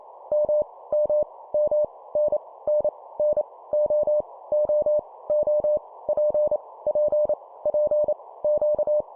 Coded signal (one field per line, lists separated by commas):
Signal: Morse code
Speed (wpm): 28 wpm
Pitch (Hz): 600 Hz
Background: none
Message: M M M N N N O O O P P P Q